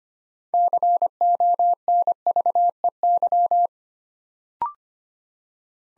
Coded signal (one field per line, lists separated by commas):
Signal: Morse code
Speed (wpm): 25 wpm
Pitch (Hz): 700 Hz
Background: none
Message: CONVEY